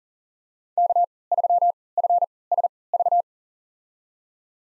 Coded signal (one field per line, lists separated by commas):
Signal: Morse code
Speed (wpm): 40 wpm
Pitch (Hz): 700 Hz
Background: none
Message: K3FSV